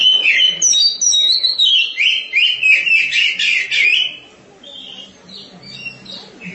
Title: Suara Kicauan Burung Kacer